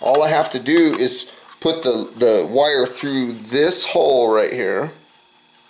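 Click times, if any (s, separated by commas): none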